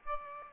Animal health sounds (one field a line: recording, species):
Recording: mosquito wingbeat signal from an infrared sensor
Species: Aedes aegypti